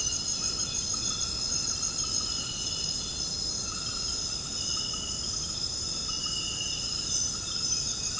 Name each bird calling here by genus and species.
none